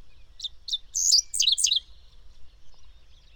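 Bird song, a quick phrase of high sharp chirps building into a brief bright twitter, then falling quiet, with faint low rumble underneath.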